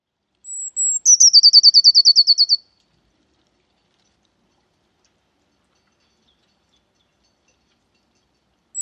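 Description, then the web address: Eurasian blue tit song: two high, thin whistled notes followed by a fast, even trill of slightly lower notes, then silence until one more high note at the end. "cianscape birddata Deverinetal 2025 File origin Bird Only Cy Ca"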